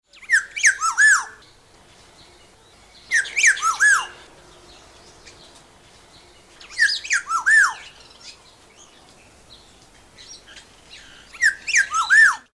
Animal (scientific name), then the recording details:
Oriolus chinensis. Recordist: Tembrock, Günter. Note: Rufreihen